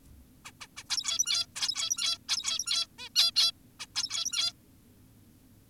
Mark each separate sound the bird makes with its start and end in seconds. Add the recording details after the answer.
0.45-0.52, 0.61-0.67, 0.77-0.84, 0.90-1.46, 1.56-2.18, 2.29-2.87, 2.99-3.09, 3.16-3.31, 3.36-3.52, 3.80-3.86, 3.96-4.53. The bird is an adult. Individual g17y2U